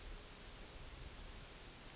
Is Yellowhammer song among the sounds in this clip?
no